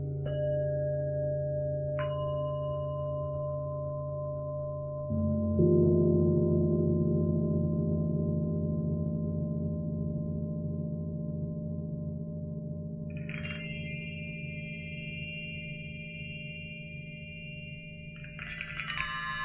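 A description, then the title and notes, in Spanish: Tibetan singing bowls hum in long, steady overlapping tones. Just after five seconds a lower, fuller bowl joins and the sound swells. Higher ringing tones enter around two seconds and again near thirteen seconds, with bright shimmering strikes at the very end. Cuencos Tibetanos.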